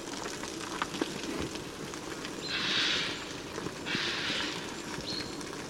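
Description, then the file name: Eurasian jay giving two hoarse, rasping screeches over a steady background hiss, with a faint high chirp afterward. "Garrulus glandarius"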